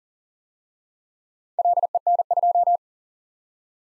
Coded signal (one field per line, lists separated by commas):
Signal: Morse code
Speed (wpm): 38 wpm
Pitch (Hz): 700 Hz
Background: none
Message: LEN2